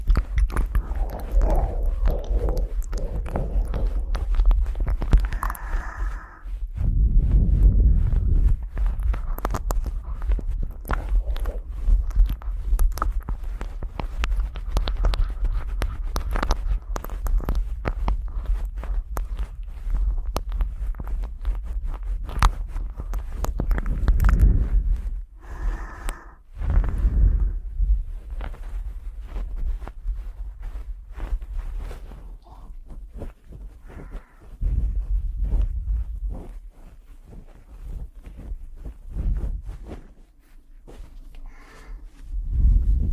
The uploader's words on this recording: ASMR Ear Blowing & Cleaning.